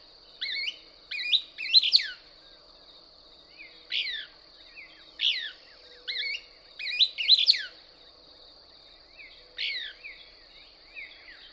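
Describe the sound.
Couch's Kingbird song of clipped, high, downslurred twitters given in irregular clusters every second or two, with a constant thin insect whine behind.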